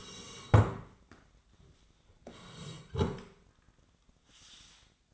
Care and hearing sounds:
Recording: daily activity, microphone in the room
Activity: sit down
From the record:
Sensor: 3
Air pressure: 1012.3 hPa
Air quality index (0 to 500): 177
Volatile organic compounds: 3 ppm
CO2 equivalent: 1356 ppm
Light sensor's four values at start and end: 65/161/72/79 and 105/233/111/128

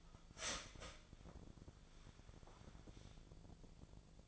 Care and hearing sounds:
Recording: daily activity, microphone in the room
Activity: start toaster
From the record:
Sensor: 5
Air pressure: 1000.3 hPa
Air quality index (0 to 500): 128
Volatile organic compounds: 2 ppm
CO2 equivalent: 1008 ppm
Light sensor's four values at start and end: 84/197/85/92 and 85/199/85/92

